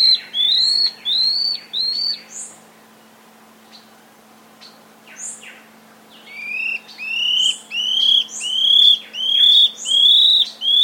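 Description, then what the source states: Scale-backed antbird song: a few high, clear whistled notes, each slurring up then down, then a pause before a longer series of similar notes. South America.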